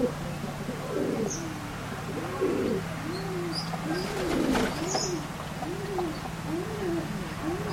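Bird giving low, soft coos that rise and fall, repeated steadily over a constant low hum, with a few faint high chirps.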